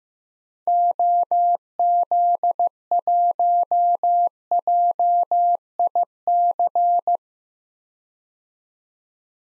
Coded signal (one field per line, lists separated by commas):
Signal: Morse code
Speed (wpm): 15 wpm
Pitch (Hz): 700 Hz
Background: none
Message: OZ1JIC